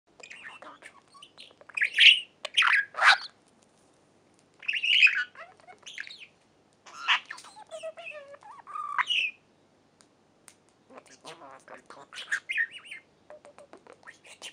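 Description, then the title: Budgerigar warble of scratchy chirps and squeaks in irregular bursts, with soft clicking and chattering between louder phrases and a few brief pauses. "Budgie Sounds"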